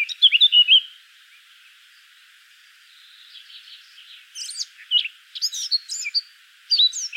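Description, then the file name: Eurasian blackcap song: a short scratchy burst at the start, a quiet stretch, then a run of varied whistled and chattering notes building toward the end. "Sylvia atricapilla"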